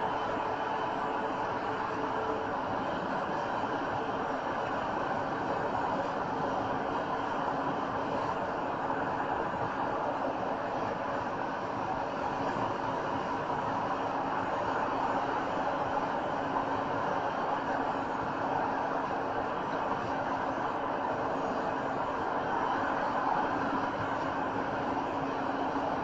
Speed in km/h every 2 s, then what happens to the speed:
90, 92, 93, 93, 93, 93, 93, 95, 95, 93, 93, 93, 95.
0-26 steady at about 93.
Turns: none.